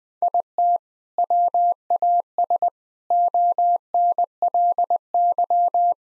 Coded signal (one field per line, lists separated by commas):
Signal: Morse code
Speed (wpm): 21 wpm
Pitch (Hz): 700 Hz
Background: none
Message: IT WAS ONLY